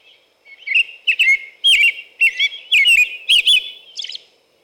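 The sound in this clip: American robin giving a continuous string of clear, warbled caroling syllables, each short and rising or falling, with thin high squeaky notes mixed in.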